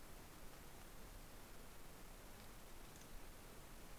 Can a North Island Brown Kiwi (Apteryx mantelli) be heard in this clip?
no